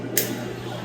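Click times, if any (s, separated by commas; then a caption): 0.2 s. The main power wire connector is pushed into its socket on the board inside a Jibo robot. It gives a short, sharp click at 0.2 s over a steady low hum, and the connector is seated.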